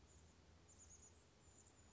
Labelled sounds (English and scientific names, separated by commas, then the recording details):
Chestnut-backed Chickadee (Poecile rufescens)
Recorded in Sonoma County, California